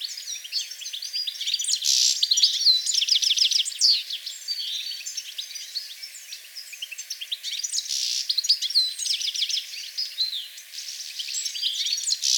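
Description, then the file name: European goldfinch twittering: a dense run of rapid, high, tinkling chirps and buzzy notes, rising and falling in loudness. "Carduelis carduelis"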